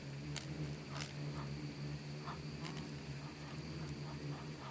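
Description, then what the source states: Insects buzzing in a low, steady swarm drone with brief clicks and ticks scattered through it. Bugs and beetles swarming in the Namib desert, recorded as part of its micro-sound soundscape.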